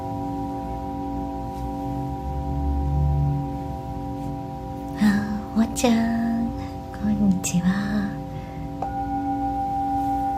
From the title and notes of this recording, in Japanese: 夜のメキシコからサウンドヒーリングライブ。チベタンシンギングボウル。